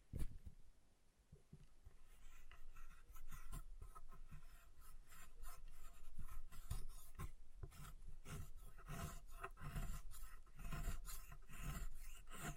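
Chalk being carved and cut with rapid, irregular scraping strokes, dense short rasps repeating throughout with brief pauses, bright and gritty.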